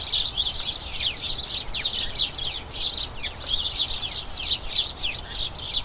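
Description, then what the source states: House sparrows chirping as a group, rapid sharp chirps piling over one another in pulsing waves of chatter. A colony of about a dozen house sparrows in a small front garden as crocuses bloom, chattering excitedly as the colony turns toward the breeding season.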